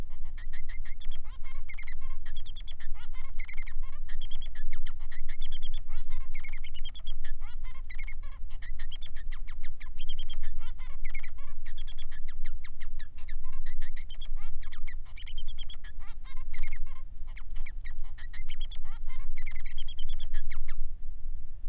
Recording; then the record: song of a male Bengalese finch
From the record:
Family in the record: son of father 3